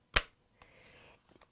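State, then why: Seated. The hinged lid of a metal eyeshadow palette closes onto the palette base, and its magnetic or spring catch snaps shut with a single sharp, heavy click at 0.2 s. After that comes a faint, steady rustle from about 0.6 to 1.2 s and a few soft ticks near 1.3 to 1.4 s. The lid is seated shut, and the jolt of that click is blamed for crumbling the eyeshadows inside.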